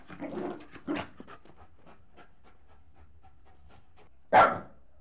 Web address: BBC Sound Effects Library - Horses Dogs Jack Russel Corgi Cross Leaping